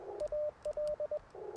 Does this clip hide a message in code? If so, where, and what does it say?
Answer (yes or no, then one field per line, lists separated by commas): yes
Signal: Morse code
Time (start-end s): 0.2-1.2 s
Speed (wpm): 20 wpm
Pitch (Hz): 600 Hz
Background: radio noise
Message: AL